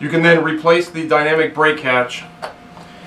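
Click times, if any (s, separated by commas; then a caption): 2.4 s. A plastic dynamic brake hatch is pressed back into its opening in a GP9 model locomotive's plastic shell, over the smoke unit, while someone talks. A short, sharp snap at 2.4 s marks the hatch seating in place.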